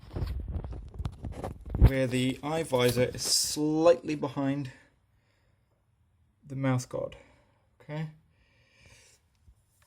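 A plastic mouth guard is handled against the grille bars of a kendo helmet, where it will fit between the third and fourth bars. Light taps and rustles in the first two seconds, sharpest around 0.6, 1.1 and 1.8 s, give way to someone talking. Nothing has seated or clicked yet.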